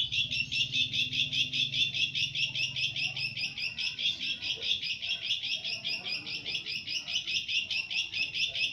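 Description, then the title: Long-tailed shrike giving a steady, rapid run of harsh chattering notes, with little change throughout. Champion bird. "Kicau Burung Cendet Juara"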